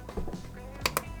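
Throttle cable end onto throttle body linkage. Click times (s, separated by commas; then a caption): 0.9 s, 1.0 s. On an LS1 engine being swapped into a Miata during intake manifold installation, the throttle cable is slid down and its end snapped onto the throttle body linkage. After some soft handling noise near the start, two sharp clicks ring out at 0.9 s and 1.0 s. The cable end is confirmed seated on the throttle body linkage.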